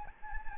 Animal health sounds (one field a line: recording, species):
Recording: mosquito wingbeat signal from an infrared sensor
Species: Anopheles gambiae